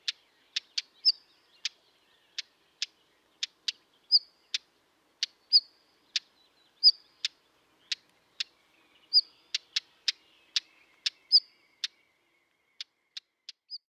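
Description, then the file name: Northern wheatear giving many sharp, stony tack clicks, now and then joined by a brief higher note, on an otherwise quiet background. "Stenskvatta"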